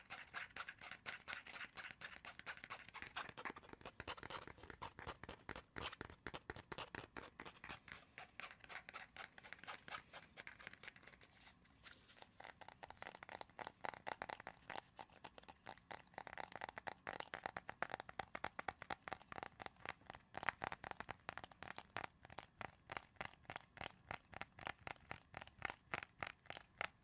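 Tapping and scratching fill the whole stretch, a dense, quick run of sharp clicks that rarely pauses. The strokes sound bright and dry, with scratchy rustling between them. Around eleven to thirteen seconds they thin out briefly, then return busier and louder toward the end.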